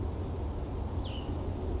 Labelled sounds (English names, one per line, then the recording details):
Cassin's Vireo
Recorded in Sonoma County, California